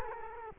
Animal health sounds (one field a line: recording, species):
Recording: mosquito wingbeat signal from an infrared sensor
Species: Culex quinquefasciatus